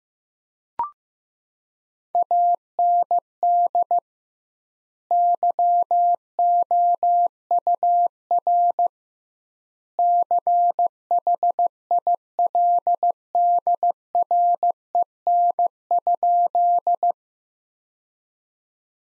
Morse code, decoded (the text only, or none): AND YOUR CHILDREN?